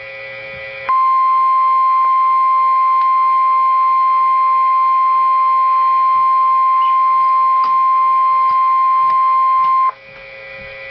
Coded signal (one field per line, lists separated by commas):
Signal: Emergency Alert System (SAME) tones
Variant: 1050 Hz attention tone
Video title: Failed RWT EAS#33